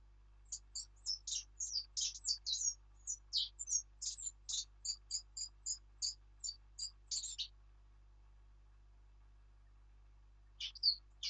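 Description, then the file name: Eurasian blackcap song: a long, fast run of bright twittering notes lasting several seconds, then a pause and a short second phrase. "Sylvia atricapilla"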